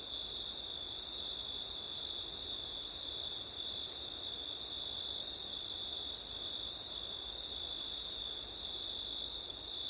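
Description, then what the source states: Crickets trilling in a steady, continuous chorus, with a high shrill band over a lower ringing tone and soft background noise underneath. Crickets on a September night, windy; ORTF microphone setup.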